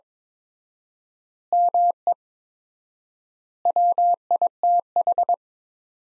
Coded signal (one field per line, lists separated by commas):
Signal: Morse code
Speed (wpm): 22 wpm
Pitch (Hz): 700 Hz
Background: none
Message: ME WITH